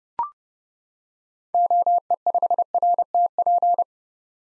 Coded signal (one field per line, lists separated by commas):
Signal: Morse code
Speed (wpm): 32 wpm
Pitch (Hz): 700 Hz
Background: none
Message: OE5RTP